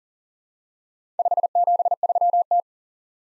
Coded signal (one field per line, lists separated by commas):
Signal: Morse code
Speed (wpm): 40 wpm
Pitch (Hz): 700 Hz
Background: none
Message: 573T